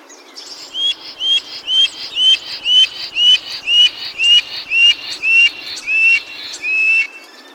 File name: Black stork